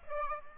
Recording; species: mosquito wingbeat signal from an infrared sensor; Aedes aegypti